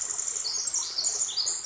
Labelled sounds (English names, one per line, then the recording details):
Pacific Wren
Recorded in Sonoma County, California